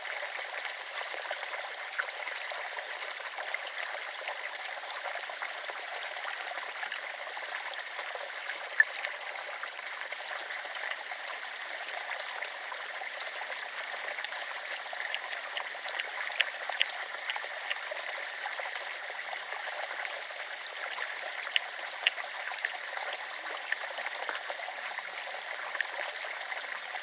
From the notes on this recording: A sonic immersion in the River Allen, UK, one of the world's few chalk rivers